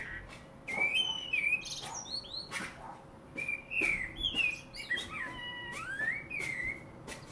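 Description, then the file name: Common blackbird pouring out several whistled phrases with high squeaky flourishes, one long sliding rising whistle among them, and scattered clicks. "Turdus merula"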